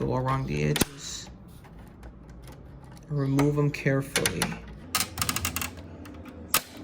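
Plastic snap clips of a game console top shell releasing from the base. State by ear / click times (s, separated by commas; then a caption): released / 4.9 s, 5.6 s, 6.5 s. Someone talks while prying the plastic top shell of an Xbox One game console off its base around the edges. The internal plastic snap clips release with sharp clicks at 5.0, 5.6 and 6.5 seconds as the shell is lifted, and the case pops open.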